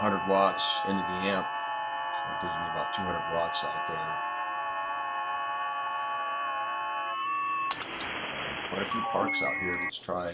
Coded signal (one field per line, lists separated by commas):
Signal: FT8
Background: speech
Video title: Hunting POTA Stations WSJTX and FT8